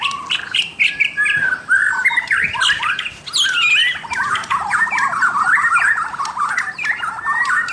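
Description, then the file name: White-rumped shama song, a rich, fast stream of varied whistles, trills and slurred notes with sharp chips above, continuous with brief pauses. "suara murai batu mahkota"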